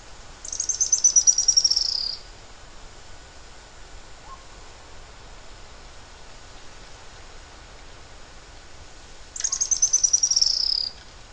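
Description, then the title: Bird song: a high, fast, descending trill lasting under two seconds, given twice with a long pause between. "LuckyPassaro Completos2Sama"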